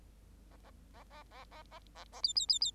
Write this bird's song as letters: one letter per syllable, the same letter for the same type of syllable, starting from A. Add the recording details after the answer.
A A A A A A A A A B B B B. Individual Bird8